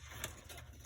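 Two hands squeeze the handle of a Mantis endoscopic tissue-closure device, deploying its anchor suture catheter, over a steady low hum. A sharp crackle-click sounds at 0.2 s, marking the crackle stage of the three-step deployment, with the final pop that ejects the catheter still to come.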